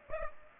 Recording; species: mosquito wingbeat signal from an infrared sensor; Aedes aegypti